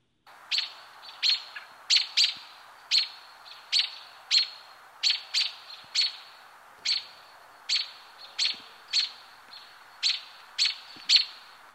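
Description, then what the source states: American Robin chuck calls: sharp, clipped notes repeated steadily, roughly one or two per second, sometimes doubled, against a faint hiss. Chuck call, guessed by a guest to be an attention or alarm call rather than a territorial one.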